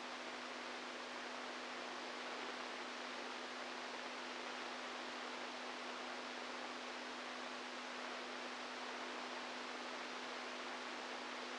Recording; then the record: brain microelectrode recording played as sound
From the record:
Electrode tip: inside the subthalamic nucleus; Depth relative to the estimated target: -2 mm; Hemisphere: right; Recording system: NeuroSet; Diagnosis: Parkinson's disease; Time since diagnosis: 10 years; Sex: male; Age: 65 years